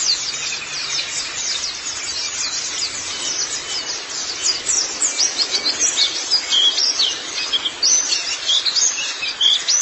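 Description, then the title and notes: White-eye song: thin, high chirping that turns into louder, more separated whistled notes in the second half. Twittering song. "Kicauan Burung Pleci Durasi Panjang. Suara kicauan burung pleci"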